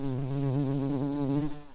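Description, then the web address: Garden bumblebee buzz: a steady, low droning hum with rich stacked harmonics, wavering slightly in pitch for about one and a half seconds before fading away. Queen garden bumblebees. "bumblebees learning set sounds Hortorum-queens"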